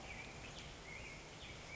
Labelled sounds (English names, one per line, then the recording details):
Black-headed Grosbeak
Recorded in Sonoma County, California